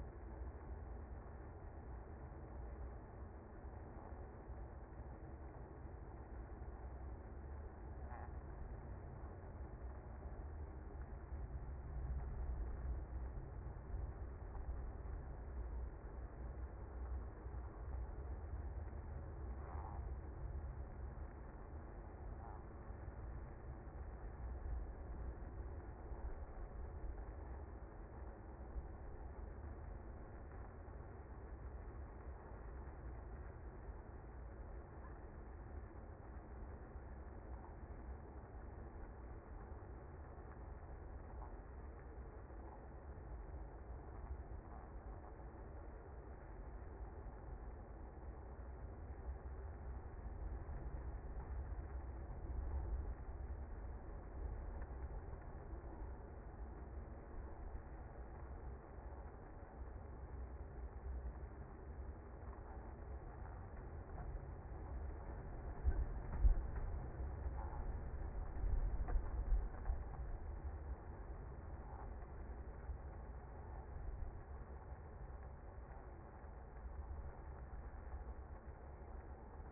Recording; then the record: honeybee colony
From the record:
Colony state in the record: active